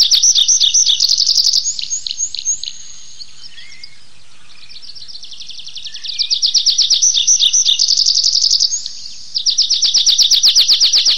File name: lesnoj konek anthus trivialis